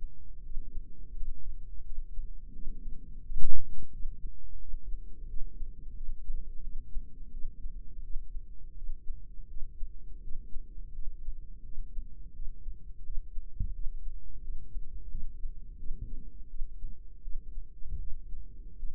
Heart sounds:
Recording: heart sounds by microphone in the right ear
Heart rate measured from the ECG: 85 bpm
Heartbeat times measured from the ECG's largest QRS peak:
0.43 s: heartbeat
1.14 s: heartbeat
1.84 s: heartbeat
2.53 s: heartbeat
3.23 s: heartbeat
3.92 s: heartbeat
4.60 s: heartbeat
5.28 s: heartbeat
5.95 s: heartbeat
6.62 s: heartbeat
7.31 s: heartbeat
8.02 s: heartbeat
8.75 s: heartbeat
9.48 s: heartbeat
10.22 s: heartbeat
10.93 s: heartbeat
11.63 s: heartbeat
12.33 s: heartbeat
13.04 s: heartbeat
13.73 s: heartbeat
14.41 s: heartbeat
15.09 s: heartbeat
15.77 s: heartbeat
16.48 s: heartbeat
17.22 s: heartbeat
17.99 s: heartbeat
18.77 s: heartbeat
From the record:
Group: healthy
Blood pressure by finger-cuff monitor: 100/67 mmHg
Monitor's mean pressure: 82 mmHg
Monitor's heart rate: 86 bpm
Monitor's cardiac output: 5.4 L/min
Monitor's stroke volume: 63 mL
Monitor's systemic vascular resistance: 1090 dyn s/cm5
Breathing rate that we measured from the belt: 14 breaths a minute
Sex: female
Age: 51 years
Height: 162 cm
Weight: 70.04 kg

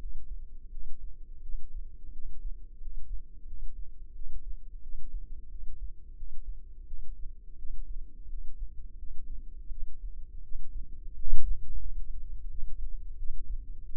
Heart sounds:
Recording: heart sounds by microphone in the left ear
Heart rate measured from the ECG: 87 bpm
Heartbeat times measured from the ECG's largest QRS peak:
0.69 s: heartbeat
1.40 s: heartbeat
2.11 s: heartbeat
2.79 s: heartbeat
3.45 s: heartbeat
4.13 s: heartbeat
4.80 s: heartbeat
5.48 s: heartbeat
6.15 s: heartbeat
6.85 s: heartbeat
7.56 s: heartbeat
8.27 s: heartbeat
8.96 s: heartbeat
9.69 s: heartbeat
10.41 s: heartbeat
11.13 s: heartbeat
11.80 s: heartbeat
12.48 s: heartbeat
13.16 s: heartbeat
13.82 s: heartbeat
From the record:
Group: healthy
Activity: rest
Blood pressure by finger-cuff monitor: 79/60 mmHg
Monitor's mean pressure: 67 mmHg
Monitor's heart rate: 86 bpm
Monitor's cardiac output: 6.2 L/min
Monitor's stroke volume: 73 mL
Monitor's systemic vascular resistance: 750 dyn s/cm5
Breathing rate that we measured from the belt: 21 breaths a minute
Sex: female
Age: 19 years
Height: 163 cm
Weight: 48.9 kg

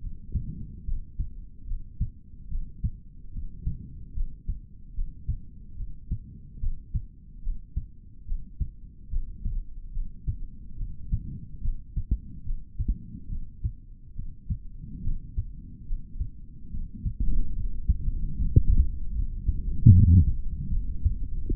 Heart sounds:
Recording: heart sounds by stethoscope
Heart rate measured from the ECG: 73 bpm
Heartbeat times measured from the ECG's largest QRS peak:
0.85 s: heartbeat
1.66 s: heartbeat
2.48 s: heartbeat
3.31 s: heartbeat
4.14 s: heartbeat
4.94 s: heartbeat
5.76 s: heartbeat
6.59 s: heartbeat
7.42 s: heartbeat
8.25 s: heartbeat
9.10 s: heartbeat
9.92 s: heartbeat
10.77 s: heartbeat
11.61 s: heartbeat
12.44 s: heartbeat
13.28 s: heartbeat
14.15 s: heartbeat
15.02 s: heartbeat
15.86 s: heartbeat
16.70 s: heartbeat
17.54 s: heartbeat
18.37 s: heartbeat
19.14 s: heartbeat
19.91 s: heartbeat
20.69 s: heartbeat
21.46 s: heartbeat
From the record:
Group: healthy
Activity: cold pressor test 0-16 s, rest 16-22 s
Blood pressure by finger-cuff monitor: 85/49 mmHg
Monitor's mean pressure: 61 mmHg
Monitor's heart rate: 72 bpm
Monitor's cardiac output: 4.1 L/min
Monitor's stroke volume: 58 mL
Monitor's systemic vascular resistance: 1020 dyn s/cm5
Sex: male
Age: 55 years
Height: 167 cm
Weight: 57.2 kg

